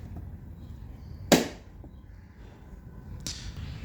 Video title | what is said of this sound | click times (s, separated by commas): How to replace license plate light bulb in Kia Sportage | Finally, snap the light housing back into place by pressing it firmly until it clicks. | 1.3 s